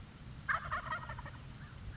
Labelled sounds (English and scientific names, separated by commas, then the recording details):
Wild Turkey (Meleagris gallopavo)
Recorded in Sonoma County, California